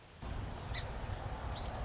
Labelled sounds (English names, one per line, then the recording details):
Song Sparrow
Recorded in Sonoma County, California